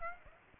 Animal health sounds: mosquito wingbeat signal from an infrared sensor; Aedes aegypti

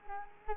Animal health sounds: mosquito wingbeat signal from an infrared sensor; Culex quinquefasciatus

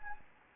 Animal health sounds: mosquito wingbeat signal from an infrared sensor; Anopheles gambiae

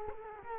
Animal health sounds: mosquito wingbeat signal from an infrared sensor; Culex quinquefasciatus

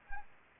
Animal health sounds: mosquito wingbeat signal from an infrared sensor; Anopheles arabiensis

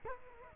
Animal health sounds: mosquito wingbeat signal from an infrared sensor; Culex quinquefasciatus

